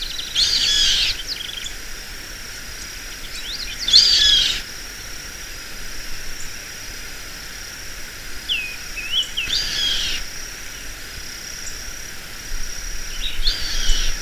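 Bird calls in short high bursts of chirps and slurred notes, coming in separate bouts a few seconds apart over a steady hiss.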